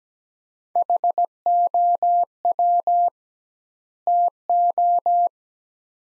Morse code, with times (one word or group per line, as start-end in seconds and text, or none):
0.8-3.1 HOW
4.1-5.3 TO